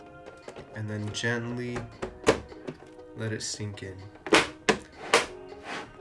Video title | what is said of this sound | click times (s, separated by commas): Play Station 4 PS4 Top Cover Bottom Cover Replacement - Repair Tutorial | clip it till you hear two clicks | 4.7 s, 5.1 s